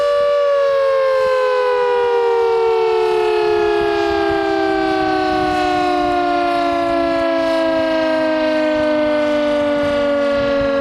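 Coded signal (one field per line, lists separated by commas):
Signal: siren signal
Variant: Carter 1H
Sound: steady wailing siren tone with rich harmonics, pitch slowly sinking, no interruptions heard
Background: outdoor ambient noise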